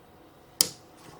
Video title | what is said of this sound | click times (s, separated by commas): LEGO 2025 Family Christmas Tree 41843 Build Part 3 | There we go. You got wait till you hear them snap. | 0.6 s